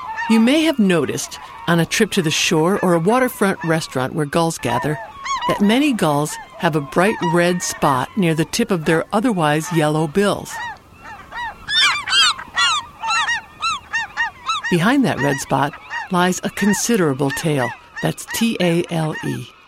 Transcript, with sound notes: You may have noticed — on a trip to the shore or at a waterfront restaurant where gulls gather — that many gulls have a bright red spot near the tip of their otherwise yellow bills. [Bugling calls of gulls] Behind that red spot lies a considerable tale – that’s t-a-l-e!